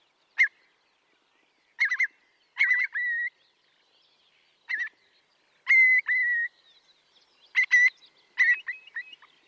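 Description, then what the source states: Eurasian curlew giving short, sharp calls, single notes and paired bursts, some with a brief rising slur, spaced irregularly. The famous 'curly' call that gives the curlew its name, carrying across a wetland like an arrow; one of 14 or 15 identified calls.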